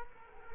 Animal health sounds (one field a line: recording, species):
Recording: mosquito wingbeat signal from an infrared sensor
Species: Culex quinquefasciatus